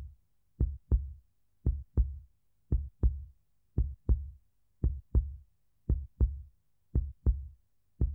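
A steady, average adult heartbeat at about 57 beats per minute. Each beat is a low, dull lub-dub pair of thuds separated by brief silences.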